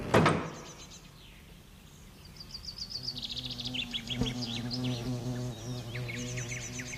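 Wasps buzz around their nest in a fig tree, under heavy fig leaves stirred by wind, in a low, droning hum that swells in after a few seconds and holds steady, with high bird chirps above and a sharp knock at the start.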